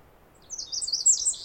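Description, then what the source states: Pacific wren song beginning, high thin trills and warbled notes starting after half a second of quiet and quickly growing louder. Very loud bird singing in the morning after a dawn chorus, 11-13 May 2018, Snider Jackson/Rugged Ridge trail.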